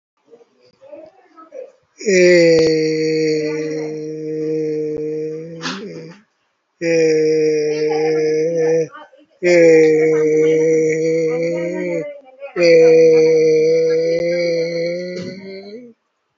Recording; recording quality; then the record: sustained vowel as in made; moderate, slight background noise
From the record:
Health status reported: COVID-19 positive, moderate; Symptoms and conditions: breathing difficulty, fever, loss of smell and taste, hypertension, diabetes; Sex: male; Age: 57 years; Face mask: worn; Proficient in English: yes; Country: India